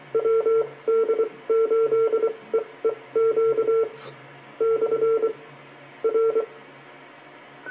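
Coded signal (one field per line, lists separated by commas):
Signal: Morse code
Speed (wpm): 25 wpm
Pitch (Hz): 450 Hz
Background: none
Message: WD8EEQ/R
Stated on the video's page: 70 cm UHF reception on a Comet GP-15 vertical, preamp off.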